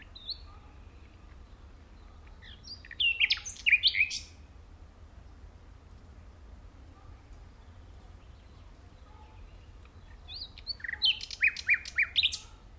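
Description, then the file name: Common nightingale song: two short bursts of varied phrases, a rapid series of high clicks and fast repeated notes, separated by about six seconds of quiet background hiss. "Luscinia megarhynchos"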